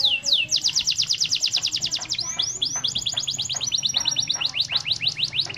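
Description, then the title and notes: Canary singing long rapid trills of high, repeated notes with brief changes of pace, over a soft low hum. Canary master song, used to train other birds. "Suara Burung Kenari Masteran. master suara burung kenari mantap"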